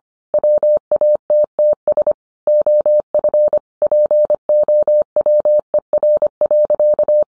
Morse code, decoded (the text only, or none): WATTS OF POWER.